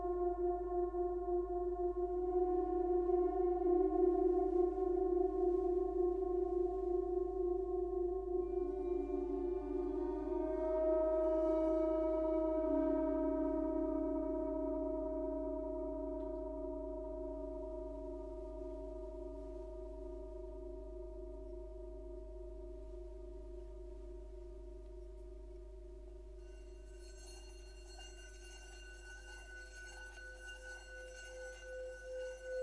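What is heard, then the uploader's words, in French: A gong bath: low sustained metallic tones ring and hum continuously, with slow beating and shifting overtones. A swell rises around ten seconds, then the sound gradually fades, until a bright shimmering wash of higher ringing tones enters near twenty-six seconds. Un bain de gong.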